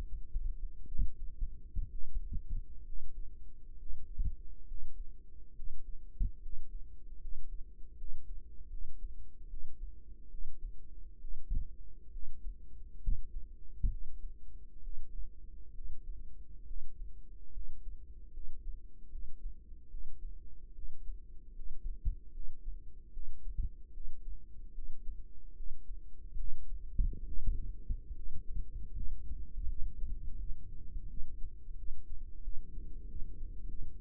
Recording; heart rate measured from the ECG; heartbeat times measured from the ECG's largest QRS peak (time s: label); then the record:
heart sounds by microphone in the right ear; 73 bpm
0.87 s: heartbeat
1.90 s: heartbeat
2.84 s: heartbeat
3.77 s: heartbeat
4.66 s: heartbeat
5.54 s: heartbeat
6.40 s: heartbeat
7.19 s: heartbeat
7.96 s: heartbeat
8.69 s: heartbeat
9.48 s: heartbeat
10.29 s: heartbeat
11.20 s: heartbeat
12.11 s: heartbeat
13.01 s: heartbeat
13.89 s: heartbeat
14.82 s: heartbeat
15.73 s: heartbeat
16.66 s: heartbeat
17.52 s: heartbeat
18.32 s: heartbeat
19.10 s: heartbeat
19.89 s: heartbeat
20.74 s: heartbeat
21.54 s: heartbeat
22.32 s: heartbeat
23.12 s: heartbeat
23.92 s: heartbeat
24.73 s: heartbeat
25.55 s: heartbeat
26.36 s: heartbeat
27.24 s: heartbeat
28.14 s: heartbeat
28.93 s: heartbeat
29.67 s: heartbeat
30.38 s: heartbeat
31.08 s: heartbeat
31.76 s: heartbeat
32.42 s: heartbeat
33.07 s: heartbeat
33.67 s: heartbeat
From the record:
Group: healthy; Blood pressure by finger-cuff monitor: 103/58 mmHg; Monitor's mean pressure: 71 mmHg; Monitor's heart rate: 75 bpm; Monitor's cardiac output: 6.6 L/min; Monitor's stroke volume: 90 mL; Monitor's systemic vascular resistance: 750 dyn s/cm5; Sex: female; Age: 22 years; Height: 157 cm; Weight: 47.6 kg